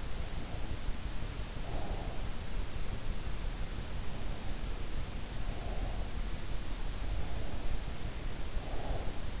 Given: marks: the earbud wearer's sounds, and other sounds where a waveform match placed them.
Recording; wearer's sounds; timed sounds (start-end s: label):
sounds in sleep by an in-ear microphone; breath
1.50-2.43 s: breath
5.18-6.15 s: breath
7.08-9.40 s: breath